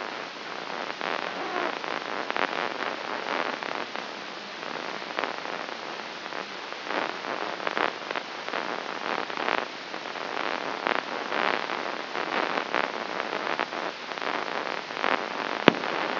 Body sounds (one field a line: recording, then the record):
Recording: brain microelectrode recording played as sound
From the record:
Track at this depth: inside the subthalamic nucleus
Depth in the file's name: 3.722 mm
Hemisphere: left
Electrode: 3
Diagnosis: Parkinson's disease